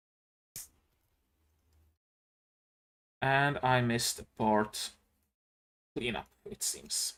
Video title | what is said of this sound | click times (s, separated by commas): Gunpla building — Chuchu's Demi Trainer (and maybe Guel's Dilanza) | Oh, that's a satisfying click. | 0.6 s